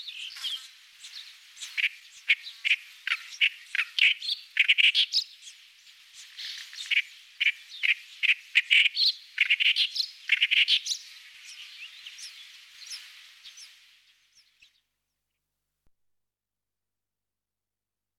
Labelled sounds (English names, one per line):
Clamorous Reed Warbler song